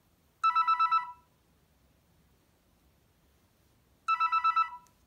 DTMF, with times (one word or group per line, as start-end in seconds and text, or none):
none